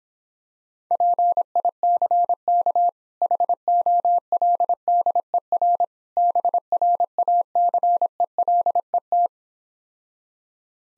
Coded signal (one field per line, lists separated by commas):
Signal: Morse code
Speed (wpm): 26 wpm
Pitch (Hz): 700 Hz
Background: none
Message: PICK HOLDER BRACELET